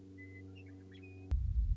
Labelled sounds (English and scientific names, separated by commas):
Western Meadowlark (Sturnella neglecta)